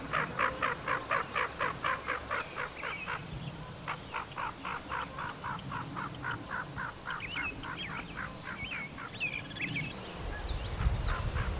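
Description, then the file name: Hooded Merganser: rhythmic rasping croaks, about four a second for most, with whistled, wavering notes from other birds and a thump near the end. "Hooded Merganser - Lophodytes cucullatus"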